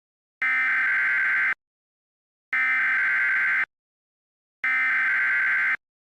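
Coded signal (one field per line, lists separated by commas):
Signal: Emergency Alert System (SAME) tones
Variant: header bursts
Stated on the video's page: Mock, simulated PDS Tornado Warning EAS alert, made on request.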